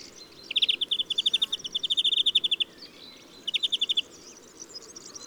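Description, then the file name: European greenfinch trill: long fast run of evenly repeated chirps for about two seconds, then a shorter burst after a pause. "Chloris chloris"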